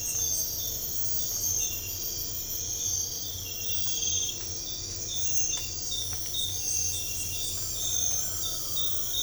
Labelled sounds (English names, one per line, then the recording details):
none
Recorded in pastures near Puerto Asís, Putumayo, Colombia, on 22 December 2024 at 03:00
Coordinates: 0.496, -76.326
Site G004